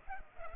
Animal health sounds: mosquito wingbeat signal from an infrared sensor; Culex pipiens

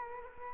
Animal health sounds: mosquito wingbeat signal from an infrared sensor; Culex quinquefasciatus

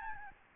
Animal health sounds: mosquito wingbeat signal from an infrared sensor; Aedes albopictus

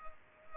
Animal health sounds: mosquito wingbeat signal from an infrared sensor; Culex pipiens

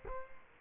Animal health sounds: mosquito wingbeat signal from an infrared sensor; Culex quinquefasciatus

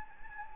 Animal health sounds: mosquito wingbeat signal from an infrared sensor; Anopheles gambiae

